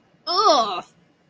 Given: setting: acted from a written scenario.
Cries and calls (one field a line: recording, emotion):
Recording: vocal sound without words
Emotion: disgust